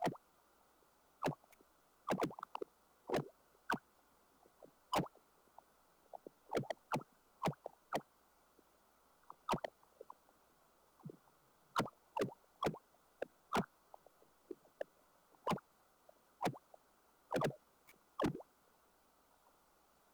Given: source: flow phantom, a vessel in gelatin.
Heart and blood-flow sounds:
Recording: Doppler ultrasound of air bubbles in flowing water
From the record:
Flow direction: towards the transducer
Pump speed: changing at random every second, 150 to 250 rpm (540 to 900 mL/min)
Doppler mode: pulsed wave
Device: 7 MHz transducer

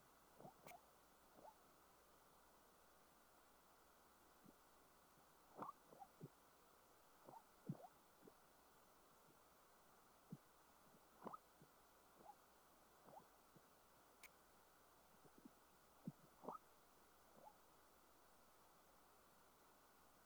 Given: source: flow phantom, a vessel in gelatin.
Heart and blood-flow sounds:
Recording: Doppler ultrasound of air bubbles in flowing water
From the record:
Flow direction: perpendicular to the transducer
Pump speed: 150 rpm (540 mL/min)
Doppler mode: pulsed wave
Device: 7 MHz transducer

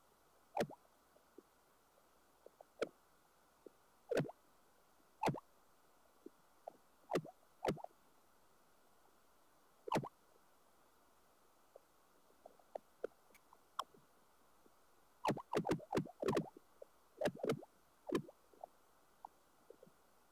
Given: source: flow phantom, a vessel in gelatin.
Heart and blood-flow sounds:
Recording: Doppler ultrasound of air bubbles in flowing water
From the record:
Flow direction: towards the transducer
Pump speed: 150 rpm (540 mL/min)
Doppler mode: pulsed wave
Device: 7 MHz transducer

